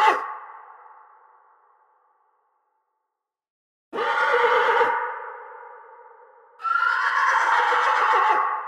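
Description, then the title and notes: Horse: a long echoing decay at the start, then two more quavering whinnies, the first trailing off into reverberation. Horse with forest reverb, recorded as an impulse response (IR) sample. "Forest Reverb with Horse by Phonophilist"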